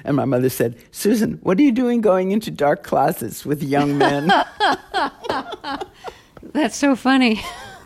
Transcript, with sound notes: And my mother said, Susan, what are you doing going into dark closets with young men?
(LAUGHTER)
That's so funny.